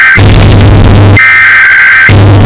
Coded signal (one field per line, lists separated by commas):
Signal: Emergency Alert System (SAME) tones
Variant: header bursts